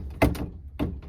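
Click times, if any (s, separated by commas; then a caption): 0.2 s. The left plastic hinge pin of the pantry drawer door flap on a Samsung French door refrigerator's pantry cover is pressed in from the top with gradually increasing force. It pops into place with a sharp click at 0.2 s, followed by softer knocks around 0.4, 0.8 and 1.0 s. The pin is seated and the flap hinges as designed.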